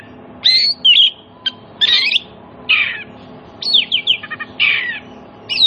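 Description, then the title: Oriental magpie-robin song of separate phrases about a second apart, each mixing sweet whistles with rasping, buzzy notes. Played as a lure so that silent magpie-robins answer and sing energetically (gacor) within about five minutes. "Cukup Hitungan Menit Kacer Lain Bisa Bunyi. CUKUP 5 Menit Kacer LAIN NYAUT JADI GACOR, PANCINGAN KACER MACET BUNYI"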